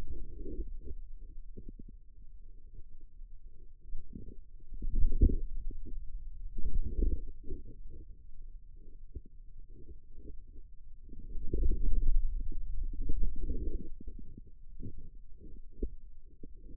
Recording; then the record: forearm muscle sounds (acoustic myography)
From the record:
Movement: pen grasping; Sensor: system 2, bracelet of six BSWA MPA416 microphones around the upper forearm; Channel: 6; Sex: male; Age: 22 years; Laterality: right